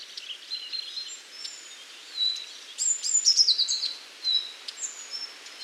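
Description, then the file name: Eurasian blue tit giving high, thin notes and a brief fast trill in the middle, then more thin notes. "Cyanistes caeruleus"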